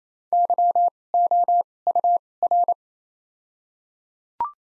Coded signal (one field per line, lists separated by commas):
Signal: Morse code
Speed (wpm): 27 wpm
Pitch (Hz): 700 Hz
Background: none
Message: Y O U R